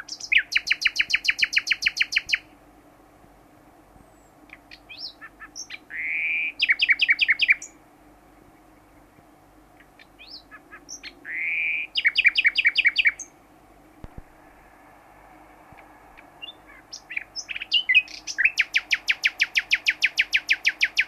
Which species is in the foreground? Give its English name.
Common Nightingale